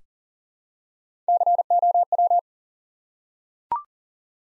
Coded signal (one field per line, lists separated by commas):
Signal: Morse code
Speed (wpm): 40 wpm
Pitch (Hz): 700 Hz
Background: none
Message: COW